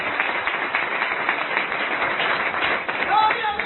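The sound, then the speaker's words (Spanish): A crowd at a Christian worship gathering applauds steadily, offering applause to God for the friends present. Dense overlapping claps form a continuous wash of sound, with a few voices calling out near the end. “¿No cree usted que hay que darle un aplauso a Dios por los amigos?”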